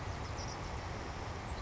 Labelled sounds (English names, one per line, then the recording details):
Savannah Sparrow
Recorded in Sonoma County, California